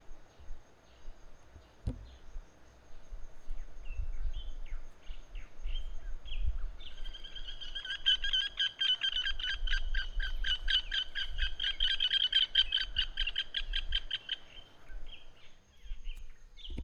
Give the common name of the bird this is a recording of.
Nubian Woodpecker